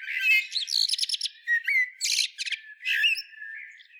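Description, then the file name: Eurasian blackbird song: a rapid jumble of sharp chirps, squeaky twitters and thin whistled slurs, delivered in quick bursts with brief gaps, all high-pitched. "Turdus merula"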